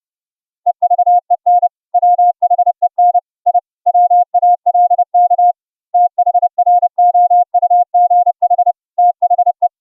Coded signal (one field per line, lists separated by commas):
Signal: Morse code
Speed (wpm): 31 wpm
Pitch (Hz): 710 Hz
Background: music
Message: EVEN WHEN I WALK THROUGH THE